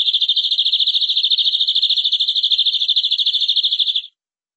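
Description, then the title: Canary delivering a sustained, rapid high trill of about four seconds that ends abruptly. "BM Suara Kenari"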